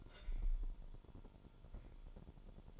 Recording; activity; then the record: daily activity, microphone in the room; take from stove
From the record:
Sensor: 5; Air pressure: 1008.2 hPa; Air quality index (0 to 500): 124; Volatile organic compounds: 1 ppm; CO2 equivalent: 955 ppm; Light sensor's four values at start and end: 27/60/25/24 and 26/60/24/24